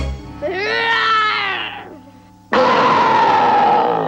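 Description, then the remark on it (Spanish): In The Jungle Book, a child's voice as Mowgli imitates a bear's roar, asked for a bigger one: a drawn-out, strained, tonal growl that fades, then a sudden much louder, rough, breathy roar bursts in and holds steady to the end. “No, lo que quiero es un rugido de oso mayor.”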